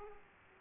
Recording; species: mosquito wingbeat signal from an infrared sensor; Aedes aegypti